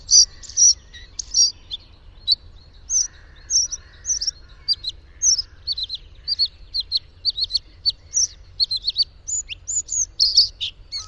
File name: Gorgebleue a miroir